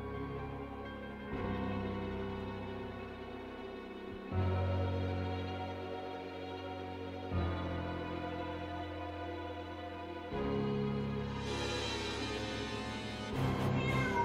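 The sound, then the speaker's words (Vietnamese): A cat meows in long, drawn-out wails, about four of them in a row, each lasting a few seconds with a rich, steady tone and no talking over it. “Lại có tiếng mèo kêu vang lên.”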